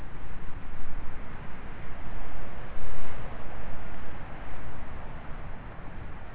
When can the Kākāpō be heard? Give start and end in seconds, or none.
none